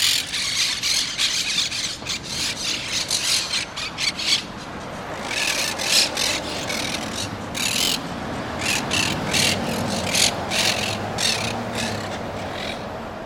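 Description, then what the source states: Monk parakeet squawks, harsh calls in bursts, with a rasping, scraping sound in the background. Recorded March 12.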